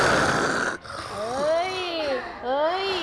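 A group of children imitate snoring together, competing to make the loudest snore from the throat.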